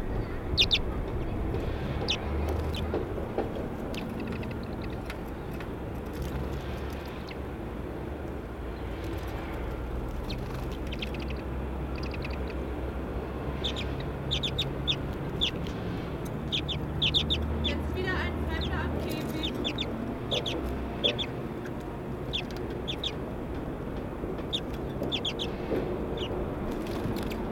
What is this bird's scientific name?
Carduelis flammea